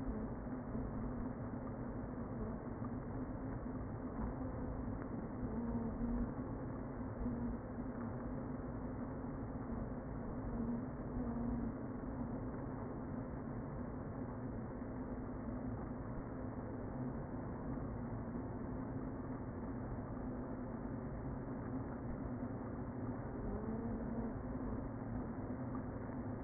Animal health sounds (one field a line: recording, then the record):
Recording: honeybee colony, microphone inside the hive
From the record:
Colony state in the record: queen present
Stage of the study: before two queens were removed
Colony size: about 60,000 bees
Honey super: yes